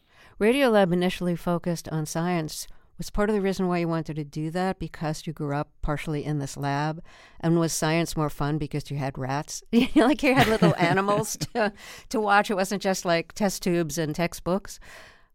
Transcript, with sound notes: Radiolab initially focused on science. Was part of the reason why you wanted to do that because you grew up partially in this lab? And was science more fun because you had rats?
(LAUGHTER)
Like, you had little animals to watch? It wasn't just, like, test tubes and textbooks.